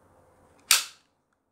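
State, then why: Seated. A Beretta APX Centurion's internal chassis is pushed up into its polymer grip frame during reassembly in a grip change. After a quiet stretch, a single loud, sharp snap is heard at 0.7 s, ringing briefly before fading. The chassis is seated in the grip frame, confirmed by the snap.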